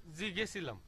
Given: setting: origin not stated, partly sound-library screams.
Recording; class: one-second piece from a danger detection set; normal situation